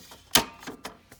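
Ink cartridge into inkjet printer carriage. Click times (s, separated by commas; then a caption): 0.4 s. An ink cartridge is slid at an angle into the carriage of a Canon wireless inkjet printer and pushed in. It snaps into place with a sharp click at 0.4 s. A softer tap follows at 0.9 s.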